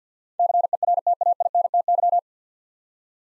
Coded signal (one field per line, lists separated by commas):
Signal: Morse code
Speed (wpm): 48 wpm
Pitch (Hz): 700 Hz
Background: none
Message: CERTAINTY